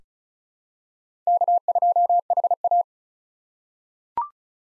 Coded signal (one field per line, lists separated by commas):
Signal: Morse code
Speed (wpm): 34 wpm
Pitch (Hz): 700 Hz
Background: none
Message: K2HA